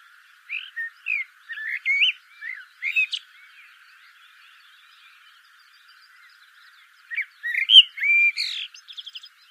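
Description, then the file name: Common blackbird song: two phrases of low fluted whistles that break into squeaky twittering, separated by a long pause with faint high chatter in the background. "Turdus merula"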